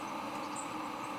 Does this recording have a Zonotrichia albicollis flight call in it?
no